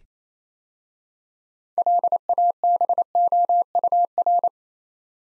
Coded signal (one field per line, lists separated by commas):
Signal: Morse code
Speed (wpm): 28 wpm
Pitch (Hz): 700 Hz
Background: none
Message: LABOUR